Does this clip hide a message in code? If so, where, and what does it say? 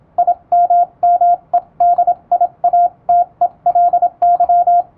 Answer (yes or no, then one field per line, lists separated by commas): yes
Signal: Morse code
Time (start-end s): 0.2-4.8 s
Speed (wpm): 26 wpm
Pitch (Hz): 700 Hz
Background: radio noise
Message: IMMEDIATELY